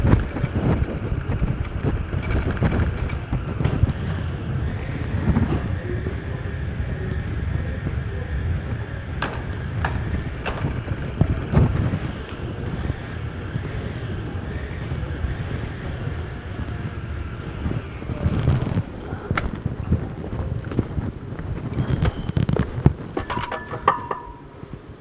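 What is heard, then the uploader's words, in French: A bicycle ride through the streets of Bordeaux, dominated by steady low rumble and wind buffeting across the whole stretch. Brief rattles and clicks break through now and then, with a thin tonal whine appearing near the end. Vélocypédie nocturnale. Janvier 2009, quelques minutes de vélo dans les rues de Bordeaux.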